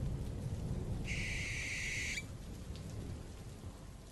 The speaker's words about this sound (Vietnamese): Sau khi thân xác bị vùi lấp dưới đáy sông lạnh lẽo, còn chim lợn dùng mình rồi cất cánh lao vụt lên tầng không, cổ họng của nó cất lên ba tiếng kêu đầy ai oán.